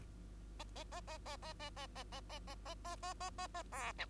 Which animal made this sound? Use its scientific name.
Lonchura striata domestica